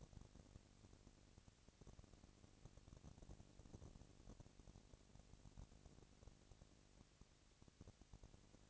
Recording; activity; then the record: daily activity, microphone in the room; no activity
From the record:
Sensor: 4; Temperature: 22.3 degrees Celsius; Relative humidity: 31.9%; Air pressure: 997.9 hPa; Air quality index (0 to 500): 203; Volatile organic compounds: 17 ppm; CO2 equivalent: 2566 ppm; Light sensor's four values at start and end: 2/3/1/1 and 2/3/1/1